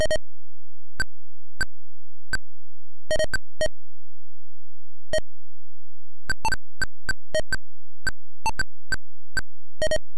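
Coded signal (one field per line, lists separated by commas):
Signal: none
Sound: game sound effects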